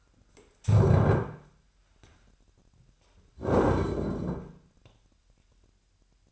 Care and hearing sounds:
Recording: daily activity, microphone in the room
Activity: stand up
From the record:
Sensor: 2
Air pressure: 998.4 hPa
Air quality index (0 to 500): 129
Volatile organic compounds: 3 ppm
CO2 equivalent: 1458 ppm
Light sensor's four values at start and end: 8/19/8/9 and 6/15/6/7

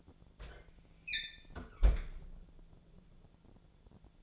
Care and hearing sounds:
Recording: daily activity, microphone in the room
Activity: close fridge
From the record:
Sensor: 5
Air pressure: 1000.2 hPa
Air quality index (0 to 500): 96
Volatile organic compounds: 1 ppm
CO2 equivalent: 781 ppm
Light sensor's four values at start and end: 242/572/246/270 and 240/568/244/268

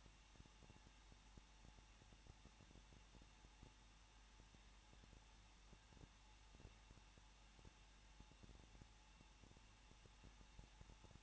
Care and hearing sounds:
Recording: daily activity, microphone in the room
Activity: no activity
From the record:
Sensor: 1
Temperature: 20.1 degrees Celsius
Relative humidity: 39.1%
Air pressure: 1006.3 hPa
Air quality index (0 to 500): 217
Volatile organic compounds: 76 ppm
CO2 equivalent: 3574 ppm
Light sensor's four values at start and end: 1/2/1/1 and 1/2/1/1

